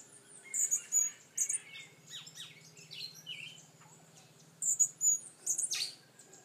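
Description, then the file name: Hummingbird calls: sharp, very high squeaky chips in quick clusters near the start and end, mixed with lower descending notes. "Colibri"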